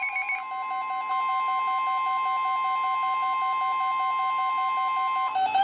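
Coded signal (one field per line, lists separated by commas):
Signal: Emergency Alert System (SAME) tones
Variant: 1050 Hz attention tone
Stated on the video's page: Flood warnings received on NOAA Weather Radio.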